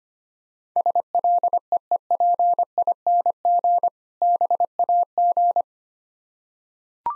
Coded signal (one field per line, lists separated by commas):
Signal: Morse code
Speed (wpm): 25 wpm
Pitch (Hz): 700 Hz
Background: none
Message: SLEEPING BAG